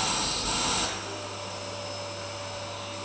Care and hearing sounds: daily activity, microphone in the room; vacuum cleaning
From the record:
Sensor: 2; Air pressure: 999.1 hPa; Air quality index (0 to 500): 202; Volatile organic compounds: 31 ppm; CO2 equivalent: 2983 ppm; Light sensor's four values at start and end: 6/14/6/6 and 6/14/5/6

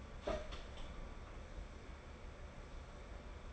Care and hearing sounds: daily activity, microphone in the room; open door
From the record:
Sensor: 5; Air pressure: 1015.3 hPa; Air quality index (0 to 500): 213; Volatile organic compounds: 11 ppm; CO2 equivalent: 2311 ppm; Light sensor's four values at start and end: 35/80/32/31 and 35/80/32/31

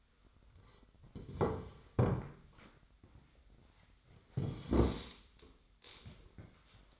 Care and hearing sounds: daily activity, microphone in the room; sit down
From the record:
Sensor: 3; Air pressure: 1007.7 hPa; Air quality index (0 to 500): 193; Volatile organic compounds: 14 ppm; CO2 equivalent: 2469 ppm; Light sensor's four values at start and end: 12/28/12/12 and 12/29/12/12

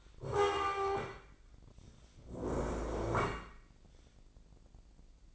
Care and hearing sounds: daily activity, microphone in the room; stand up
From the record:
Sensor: 5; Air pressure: 1012.3 hPa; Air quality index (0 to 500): 148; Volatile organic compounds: 2 ppm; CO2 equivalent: 1018 ppm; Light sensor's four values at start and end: 275/659/281/311 and 276/659/282/311

